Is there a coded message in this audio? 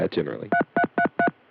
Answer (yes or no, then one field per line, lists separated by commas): yes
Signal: DTMF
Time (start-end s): 0.5-1.3 s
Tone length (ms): 80 ms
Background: speech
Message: 3333